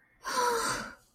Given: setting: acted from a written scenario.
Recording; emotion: vocal sound without words; relief